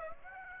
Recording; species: mosquito wingbeat signal from an infrared sensor; Aedes aegypti